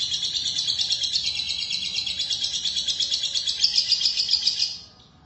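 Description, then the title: Lovebird chattering song, a dense high rattling twitter pulsing several times a second for about five seconds, then stopping abruptly. "BM Suara Burung Lovebird"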